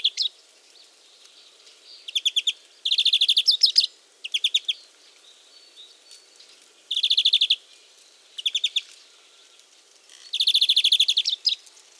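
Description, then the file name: European greenfinch: short bursts of rapid, dry trilled notes, each lasting about half a second to a second, repeated irregularly with brief pauses between them. "Chloris chloris"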